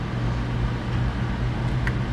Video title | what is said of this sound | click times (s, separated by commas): !!! LS Engine Tune Up - GMC 2500 Savana Customer States: Fix EVERYTHING | and click i got it i felt that one go in too okay | 1.9 s